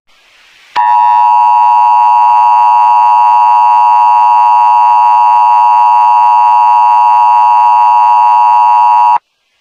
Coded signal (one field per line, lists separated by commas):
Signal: Emergency Alert System (SAME) tones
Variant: 853 and 960 Hz attention tone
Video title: EAS Scenario #5 - Residence Massacre EAS Scenario